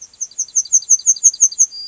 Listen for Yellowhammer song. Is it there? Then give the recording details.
yes. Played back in grassland. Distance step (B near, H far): C. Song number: 007